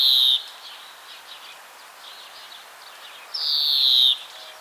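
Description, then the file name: European greenfinch giving a long, nasal, buzzy wheeze that drifts slightly downward, with the tail of an earlier wheeze at the start and faint twittering between. "Chloris chloris"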